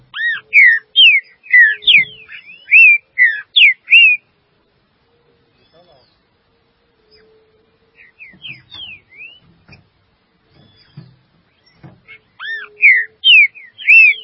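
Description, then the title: Green-winged saltator singing bursts of loud, sweet whistled notes at the start and close, with a quieter middle stretch of faint taps and a few soft whistles. "Trinca Ferro"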